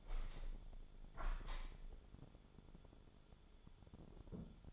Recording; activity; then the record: daily activity, microphone in the room; open window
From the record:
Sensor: 5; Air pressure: 1015.0 hPa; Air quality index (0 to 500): 97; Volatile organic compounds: 2 ppm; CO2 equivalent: 1042 ppm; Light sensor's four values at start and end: 35/80/32/31 and 35/80/32/31